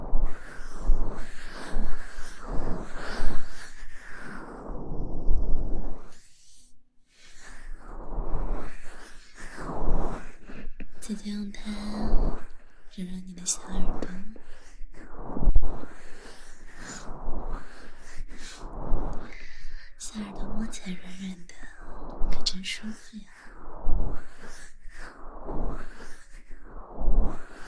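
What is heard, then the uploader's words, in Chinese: Rubbing and brushing of fabric-covered hands during a massage, in quick, uneven strokes that rise and fade every second or so. A brief quiet gap comes near six seconds. A soft low rumble sits underneath, with faint murmurs now and then. 黑白双丝丝袜手套按摩。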